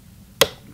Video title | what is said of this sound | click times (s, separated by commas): Setting the Timing, Greasing & Oiling the Singer Heavy Duty Series Sewing Machines | hear it kind of click into place when it gets good and tough okay | 0.4 s